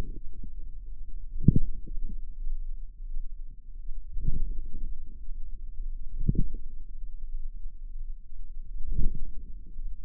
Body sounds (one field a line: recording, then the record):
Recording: forearm muscle sounds (acoustic myography)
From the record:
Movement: inward rotation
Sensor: system 2, bracelet of six BSWA MPA416 microphones around the upper forearm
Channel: 4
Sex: female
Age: 23 years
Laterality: right